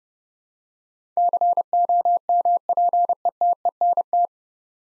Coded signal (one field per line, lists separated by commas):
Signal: Morse code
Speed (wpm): 30 wpm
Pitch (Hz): 700 Hz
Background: none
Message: COMPETENT